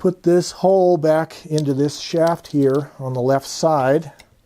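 Someone talks while handling the removed platen, a rubber roller on a metal shaft, of a Smith-Corona Silent typewriter, fitting it back onto its shaft on the left side of the carriage. It is about to be pushed down into the carriage until it clicks, but nothing has seated or clicked yet.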